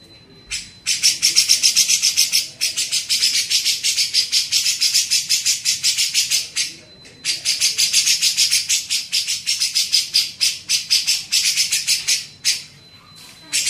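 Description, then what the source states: Grey-cheeked bulbul chattering song: rapid, rasping high-pitched pulses in long bursts, with several brief gaps. Masteran training recording used to tutor songbirds.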